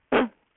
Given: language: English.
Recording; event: throat vibration sensor signal played as sound; cough